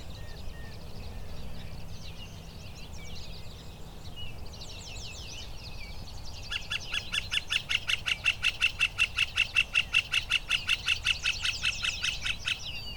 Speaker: This is the call of the northern flicker.